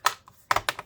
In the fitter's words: All right, and then push this in. You should hear it click